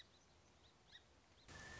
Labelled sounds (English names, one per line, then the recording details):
Song Sparrow
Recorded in Sonoma County, California